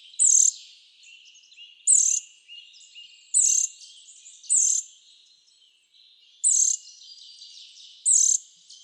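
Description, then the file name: Eurasian nuthatch calls: short, sharp, high notes given about every one to two seconds, six in all. "Sitta europaea"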